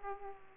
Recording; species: mosquito wingbeat signal from an infrared sensor; Aedes aegypti